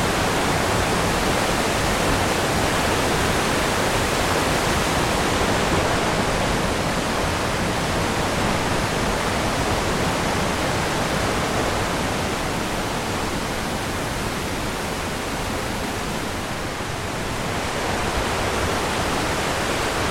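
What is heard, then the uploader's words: A rain-swollen stream crashes over rocks in a dense, steady roar, full from deep rumble to bright hiss, barely changing throughout. Walk beside a wild river tumbling from the hills. You're walking beside a stream swollen by rain, which tumbles through a wooded valley, crashing over rocks and weirs. A heavy scent of deep winter leaf decay fills the air.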